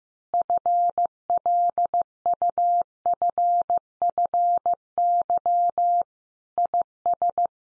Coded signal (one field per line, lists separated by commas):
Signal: Morse code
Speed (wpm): 15 wpm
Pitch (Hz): 700 Hz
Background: none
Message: FLUFFY IS